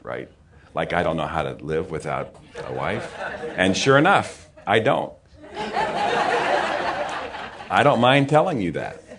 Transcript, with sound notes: Right? Like I don’t know how to live without a wife? (laughter) And sure enough, I don’t! (laughter) I don’t mind telling you that.